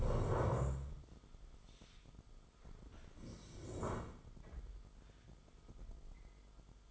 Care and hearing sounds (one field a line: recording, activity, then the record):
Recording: daily activity, microphone in the room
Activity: stand up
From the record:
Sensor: 5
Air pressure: 1005.4 hPa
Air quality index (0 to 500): 106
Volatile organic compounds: 2 ppm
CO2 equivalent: 1302 ppm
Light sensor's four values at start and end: 34/78/31/30 and 34/78/31/30